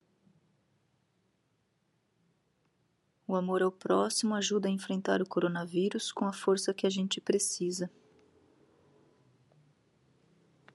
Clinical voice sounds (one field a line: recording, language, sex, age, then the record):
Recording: spoken sentence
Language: Brazilian Portuguese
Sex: female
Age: 40 to 49 years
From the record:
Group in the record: control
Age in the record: 43 years